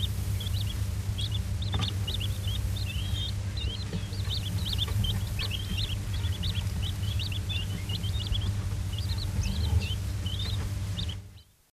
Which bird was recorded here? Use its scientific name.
Excalfactoria chinensis